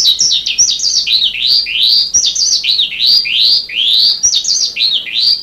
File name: suara burung sanma